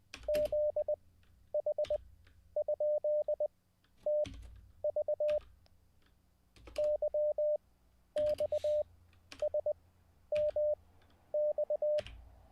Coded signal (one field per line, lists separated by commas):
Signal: Morse code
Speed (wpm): 20 wpm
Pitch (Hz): 600 Hz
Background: none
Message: ZH?TV YXSMX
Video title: How to REMEMBER Morse Code LIVE with N0SSC (Day 29)